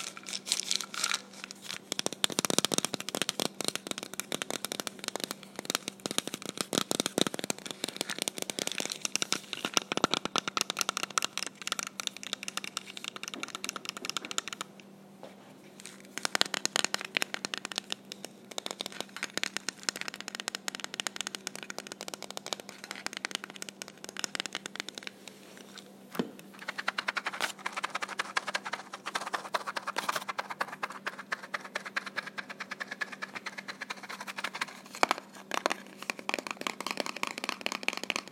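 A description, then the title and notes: Quick, irregular tapping on small cardboard boxes, dense dry clicks, pausing briefly around fifteen and twenty-six seconds, over a faint steady hum. Tapping small cardboard boxes.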